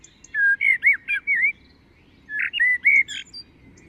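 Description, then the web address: Common blackbird singing two short phrases of smooth, liquid whistles that dip and rise, with a brief pause between them. "SETE Turdus merula"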